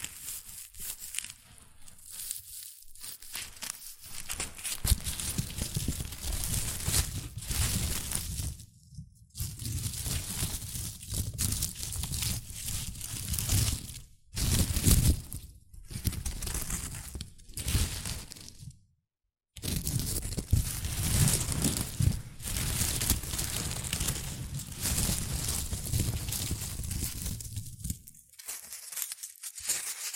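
Shredded tissue and packing peanuts are rustled and crinkled in dense, scratchy bursts with a low rumbling undertone. The handling comes in long busy stretches broken by short silent gaps, near 9, 14, 16 and 19 seconds, with a softer tail toward the end.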